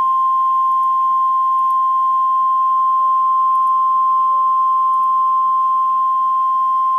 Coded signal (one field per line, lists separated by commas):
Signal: Emergency Alert System (SAME) tones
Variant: 1050 Hz attention tone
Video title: EAS #608: Severe Thunderstorm Warning (4/17/2013)